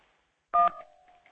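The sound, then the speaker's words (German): A single loud telephone keypad beep, a short dual-toned electronic burst, followed by a fainter lingering tone that slowly fades out. “Es piept.”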